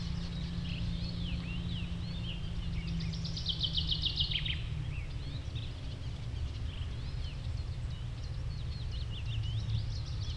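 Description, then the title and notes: Common Nightingale singing a rapid phrase of repeated notes amid quieter twittering from other birds, with low rumbling beneath. Sung alongside other birds at a promenade in Westlicher Düppeler Forst, Germany. "Westlicher Düppeler Forst, Germany - nachtigall und andere voegel. a nightingale and other birds at the promenade"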